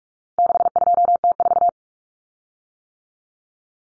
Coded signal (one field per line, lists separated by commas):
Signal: Morse code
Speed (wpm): 44 wpm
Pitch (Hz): 700 Hz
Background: none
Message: 62T4